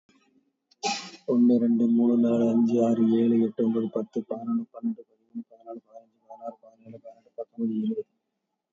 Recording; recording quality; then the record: counting at a normal pace; excellent, no background noise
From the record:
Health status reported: COVID-19 positive, no symptoms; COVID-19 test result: positive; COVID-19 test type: RT-PCR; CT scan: taken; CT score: 2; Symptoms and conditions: fatigue, hypertension, diabetes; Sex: male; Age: 48 years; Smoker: no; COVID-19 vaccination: one dose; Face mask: worn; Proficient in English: yes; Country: India